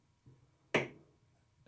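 On an All American Master Can Sealer, a hand-cranked can seamer used for canning homebrew, a can sits on the base plate and the lift handle is turned until the plate raises the can against the chuck. A faint low rumble comes at about 0.3 s, then a single sharp, snap-like hit at 0.8 s as the handle locks into place, followed by a short fading ring. The handle is seated and locked.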